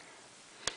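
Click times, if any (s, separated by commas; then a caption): 0.7 s. An iPhone 3G screen flex cable connector, number 2, is lined up and pushed onto its logic board socket inside the phone during a complete screen assembly replacement. A soft, steady background hiss gives way to one short, sharp click at 0.7 s. The connector seats and pushes in easily.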